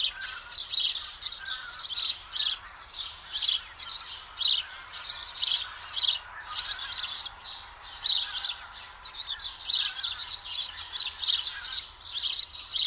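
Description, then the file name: House sparrow chirping, steady rapid chatter of bright harsh notes from what sounds like several birds, continuing without pause. "Passer domesticus"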